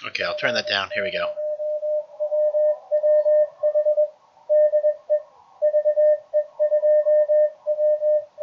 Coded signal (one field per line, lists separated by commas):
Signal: Morse code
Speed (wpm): 21 wpm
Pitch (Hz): 600 Hz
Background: speech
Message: G0WWH DE VE2W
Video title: Best Way to Learn Morse Code? MFJ-461 Code Reader and MFJ-557 Deluxe Oscillator Review